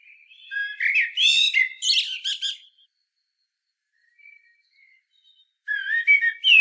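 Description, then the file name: Common blackbird delivering a loud warbled phrase with squeaky high flourishes, a pause with faint soft notes, then the start of another phrase. "Turdus merula"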